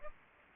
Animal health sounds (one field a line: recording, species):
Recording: mosquito wingbeat signal from an infrared sensor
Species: Aedes aegypti